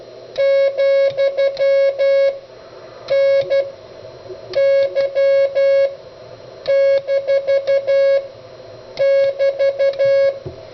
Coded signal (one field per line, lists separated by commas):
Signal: Morse code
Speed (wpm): 12 wpm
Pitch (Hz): 550 Hz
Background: music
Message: , N Y - <BT>